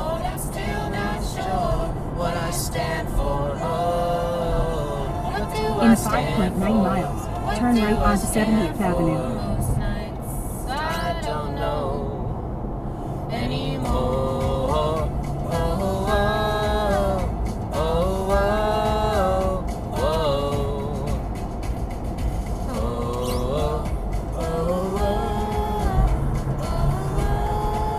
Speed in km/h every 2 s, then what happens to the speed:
98, 98, 100, 100, 98, 95, 97, 98, 97, 93, 87, 84, 84, 85.
0-17 steady at about 98. 17-22 slows to 84. 22-28 steady at about 84.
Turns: none.